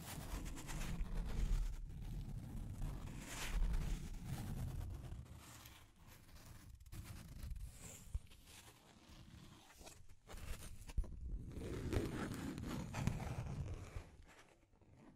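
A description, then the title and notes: Deep scratching sounds, a dense, low, grinding rumble that keeps shifting in strength with rough bursts throughout. Brief near-silent breaks cut in around seven and ten seconds before the heavy scraping swells again, strongest near the end. Deep Scratching. (No Talking).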